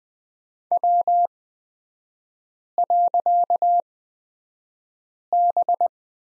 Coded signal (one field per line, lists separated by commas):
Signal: Morse code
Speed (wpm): 20 wpm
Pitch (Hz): 700 Hz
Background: none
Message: W.B